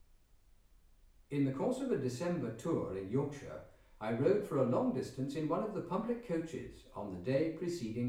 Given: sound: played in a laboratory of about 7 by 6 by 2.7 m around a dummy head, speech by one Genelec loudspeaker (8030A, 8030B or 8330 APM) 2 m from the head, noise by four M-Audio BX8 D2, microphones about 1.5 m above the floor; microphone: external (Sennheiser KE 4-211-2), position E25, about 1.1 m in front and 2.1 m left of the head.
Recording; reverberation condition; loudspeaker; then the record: male speech in English; medium; behind (180 degrees)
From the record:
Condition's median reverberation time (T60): about 510 ms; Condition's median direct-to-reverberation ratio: about -0.5 dB